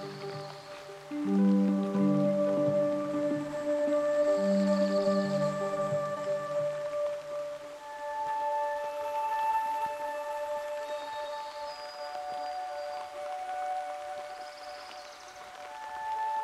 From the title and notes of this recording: Soundwalk Season 3: The Canadian Rockies. In Jasper, AB Canada at the foot of Pyramid Mountain on the Patricia Lake Loop Trail.